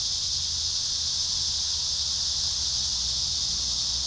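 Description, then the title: Continuous shrill cicada chorus, an even high buzz without pauses from start to finish. Cicadas at Trinity. "neoscenes: cicadas at Trinity"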